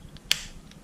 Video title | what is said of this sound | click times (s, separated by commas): OPRAVA AQUASTOP VENTILA PRE FLUVAL 104 204 304 404 205 305 405 | zacvaknete späť Počuli ste cvaknutie | 0.3 s